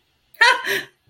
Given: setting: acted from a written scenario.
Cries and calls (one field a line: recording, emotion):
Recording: vocal sound without words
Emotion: positive surprise